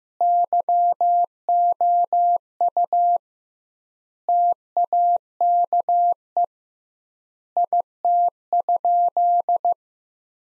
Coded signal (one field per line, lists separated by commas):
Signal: Morse code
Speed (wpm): 15 wpm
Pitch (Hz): 700 Hz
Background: none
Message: YOU TAKE IT?